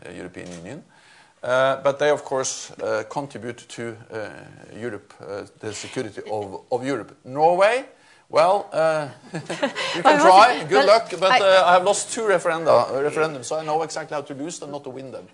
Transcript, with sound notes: European Union, but they of course contribute to Europe, the security of Europe. Norway well, [chuckles] we can try, good luck but I’ve lost two referendums so I know exactly how to lose and not to win them.